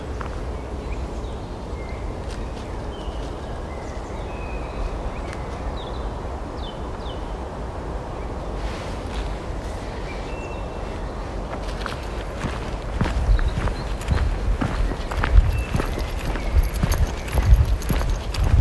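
A walk in the woods with a dog: steady low rustling underfoot, scattered bird chirps early, then louder, denser crunching steps from about twelve seconds.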